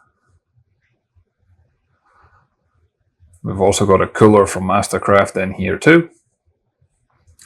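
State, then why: Seated. A MasterCraft portable cooler is pushed into its mount in the storage space under the rear seat of a 2025 MasterCraft X22 boat, so it won't shake, rattle or fall out when the boat is underway or on a trailer. Someone talks, then after a quiet pause a short, sharp click is heard at 7.4 s as the cooler latches and locks into place.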